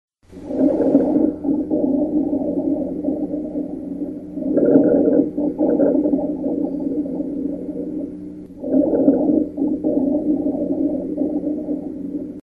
Rhonchi Low Pitched Wheezes.